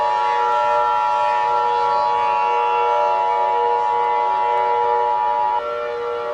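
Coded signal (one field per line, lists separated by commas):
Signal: Emergency Alert System (SAME) tones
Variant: 853 and 960 Hz attention tone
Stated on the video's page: Fictional EAS scenario, not a real alert.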